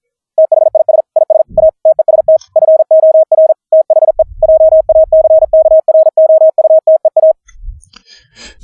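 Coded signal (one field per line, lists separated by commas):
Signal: Morse code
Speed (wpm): 42 wpm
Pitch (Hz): 630 Hz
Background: none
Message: THIS IS A TEST FOR THE JACKROUTEA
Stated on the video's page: CW sent over the internet via Mumble, generated by a home-brew software oscillator plugin with other CW at different pitches and sidetone quality.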